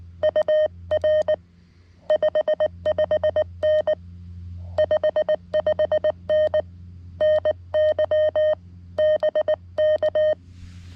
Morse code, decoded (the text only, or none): UR 55N 55N NY BK